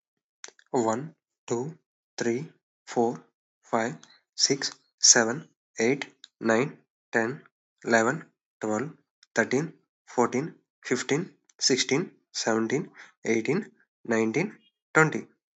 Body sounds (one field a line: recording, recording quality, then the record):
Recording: counting at a normal pace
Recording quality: excellent, no background noise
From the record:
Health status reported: respiratory illness, not identified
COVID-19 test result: not tested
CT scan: not taken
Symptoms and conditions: cold, breathing difficulty, sore throat, muscle pain, another respiratory illness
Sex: male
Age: 21 years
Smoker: no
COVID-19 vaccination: both doses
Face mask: worn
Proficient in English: yes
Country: India